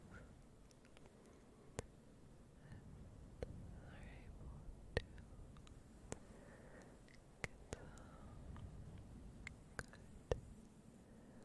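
Soft, slow fluffy rustling fills the background with a low, steady muffled rumble. Sharp tongue clicks pop out every second or two, brighter and distinct, with faint whispery swishes drifting in between, around four seconds and again near eight.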